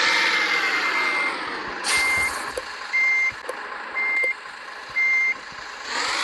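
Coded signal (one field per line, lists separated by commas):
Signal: none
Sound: truck reversing beeps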